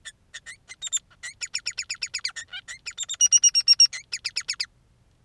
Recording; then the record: song of a male Bengalese finch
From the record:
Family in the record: son of father 3